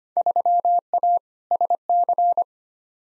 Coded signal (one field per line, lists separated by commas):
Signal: Morse code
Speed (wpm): 25 wpm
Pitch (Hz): 700 Hz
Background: none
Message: 3A SC